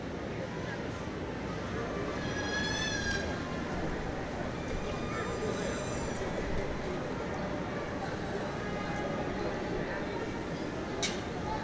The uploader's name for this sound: Washington Square Park in the Springtime